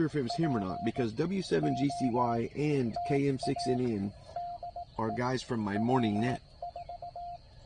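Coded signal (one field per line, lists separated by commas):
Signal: Morse code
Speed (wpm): 18 wpm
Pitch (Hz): 700 Hz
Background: speech, radio noise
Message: POTA DE W4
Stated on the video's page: CW park activation on a Penntek TR-45L transceiver, its first outing.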